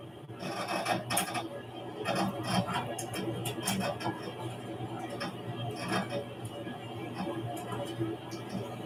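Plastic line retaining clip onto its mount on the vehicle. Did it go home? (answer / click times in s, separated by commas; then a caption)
no / none. A plastic line retaining clip is pushed onto its mount on a vehicle, producing scraping, rubbing sounds with a few short sharp knocks. The clip never clicks on and is not seated.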